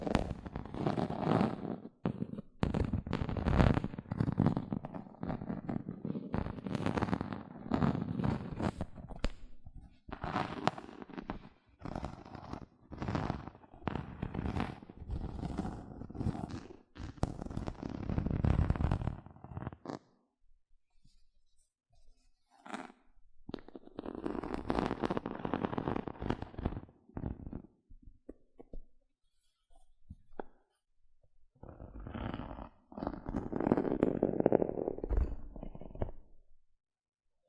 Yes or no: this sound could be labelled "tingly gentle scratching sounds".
yes